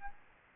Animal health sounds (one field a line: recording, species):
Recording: mosquito wingbeat signal from an infrared sensor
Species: Aedes albopictus